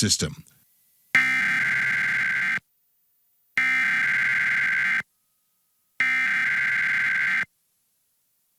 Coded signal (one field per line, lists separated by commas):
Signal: Emergency Alert System (SAME) tones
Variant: header bursts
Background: speech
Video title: EAS #454: EAS Required Monthly Test- Jan. 8, 2021- 2:20PM PST